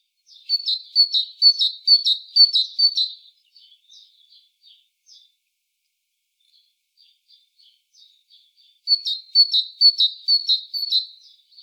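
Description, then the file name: Great tit song: bright, high two-note phrases repeated rapidly in a run of about three seconds, a few soft scattered notes, then a second run of phrases. "Parus major"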